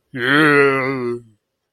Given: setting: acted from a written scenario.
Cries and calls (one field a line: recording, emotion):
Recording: vocal sound without words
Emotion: disgust